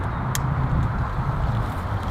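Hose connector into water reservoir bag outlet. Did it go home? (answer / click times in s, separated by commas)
yes / 0.3 s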